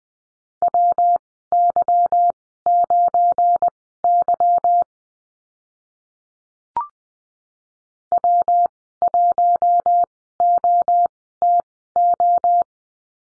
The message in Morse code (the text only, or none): WY9Y W1OTO